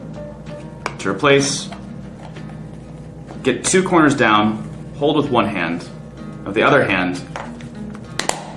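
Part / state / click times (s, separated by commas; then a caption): foam ear seal onto hearing protector ear cup / seated / 8.2 s, 8.3 s. Someone talks over background music while two corners of the plastic seal ring of a Pro Ears vinyl foam ear seal are held down and the seal is pinched onto the hearing protector's ear cup. Two sharp clicks at 8.2 s and 8.3 s mark the ear seal snapping into place, seated on the ear cup.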